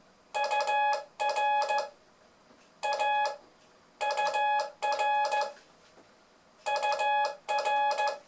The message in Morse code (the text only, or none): UR A UR UR